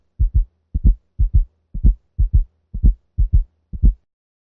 All four heart sounds may be heard, forming a quadruple rhythm. Listen now to a quadruple rhythm at the left cardiac apex. Listen at 60 beats per minute. The cadence of the sounds is 4, 1, 2, 3.